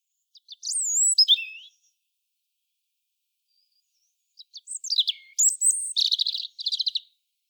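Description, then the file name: European robin singing: a short sweet phrase of sliding whistles, then after a pause a longer phrase ending in rapid twittering. "Erithacus rubecula"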